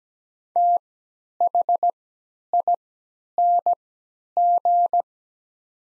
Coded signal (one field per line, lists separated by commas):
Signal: Morse code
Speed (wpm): 17 wpm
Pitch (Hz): 700 Hz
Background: none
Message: THING